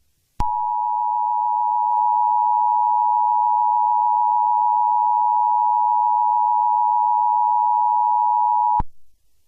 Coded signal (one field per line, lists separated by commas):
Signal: Emergency Alert System (SAME) tones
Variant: 853 and 960 Hz attention tone